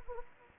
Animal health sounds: mosquito wingbeat signal from an infrared sensor; Anopheles gambiae

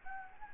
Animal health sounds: mosquito wingbeat signal from an infrared sensor; Anopheles gambiae

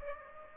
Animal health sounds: mosquito wingbeat signal from an infrared sensor; Aedes aegypti

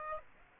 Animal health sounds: mosquito wingbeat signal from an infrared sensor; Aedes aegypti

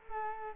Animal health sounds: mosquito wingbeat signal from an infrared sensor; Culex quinquefasciatus

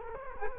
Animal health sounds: mosquito wingbeat signal from an infrared sensor; Culex quinquefasciatus

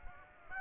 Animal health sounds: mosquito wingbeat signal from an infrared sensor; Aedes aegypti

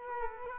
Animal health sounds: mosquito wingbeat signal from an infrared sensor; Culex quinquefasciatus

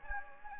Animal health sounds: mosquito wingbeat signal from an infrared sensor; Anopheles gambiae

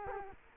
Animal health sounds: mosquito wingbeat signal from an infrared sensor; Culex quinquefasciatus

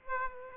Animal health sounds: mosquito wingbeat signal from an infrared sensor; Aedes aegypti

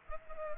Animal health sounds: mosquito wingbeat signal from an infrared sensor; Culex pipiens

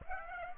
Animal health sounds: mosquito wingbeat signal from an infrared sensor; Aedes aegypti

